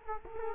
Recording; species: mosquito wingbeat signal from an infrared sensor; Culex quinquefasciatus